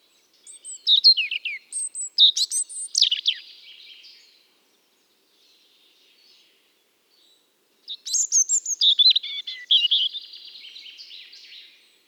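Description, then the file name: European robin song in two separate phrases of high, liquid, sliding whistles and trills, with a silent pause of several seconds between them. "Erithacus rubecula"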